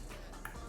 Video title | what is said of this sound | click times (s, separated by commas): 1st Impressions and Unboxing of DUMONT Celerio Elysium and RAYHAAN Crimson | It's going to click into place like that. Yeah. | 0.4 s